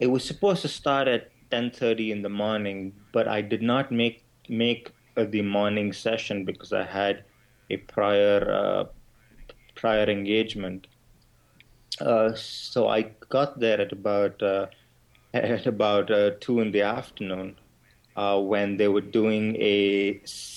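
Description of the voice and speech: An adult man who stutters narrates with repeated words and part-phrases ("make… make", "prior… prior", "about… about"), stretched sounds and long silent pauses that break the flow. These are stuttering disfluencies: repetitions, prolongations and blocks in otherwise clear speech.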